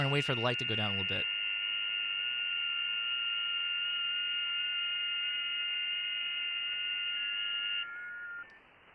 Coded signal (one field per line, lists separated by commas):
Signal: FT8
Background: speech